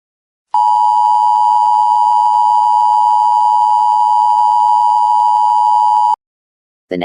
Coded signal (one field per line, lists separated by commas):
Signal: Emergency Alert System (SAME) tones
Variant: 853 and 960 Hz attention tone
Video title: The Snow Tornado (EAS scenario #2)